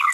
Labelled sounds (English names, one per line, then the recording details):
Green-rumped Parrotlet babbling
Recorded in a nest box in Venezuela
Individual 18B25A4